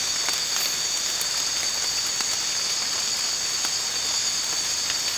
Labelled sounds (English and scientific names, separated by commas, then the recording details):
none
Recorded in dense forest near Puerto Asís, Putumayo, Colombia, on 8 March 2025 at 03:00
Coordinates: 0.484, -76.317
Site G064